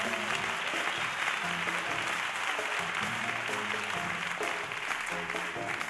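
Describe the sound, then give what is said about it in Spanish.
Steady audience applause fills the whole stretch, a dense crackle of many hands clapping at an even level, with faint tonal notes, like a piano, sounding underneath. “un aplauso para él.”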